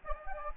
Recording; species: mosquito wingbeat signal from an infrared sensor; Anopheles gambiae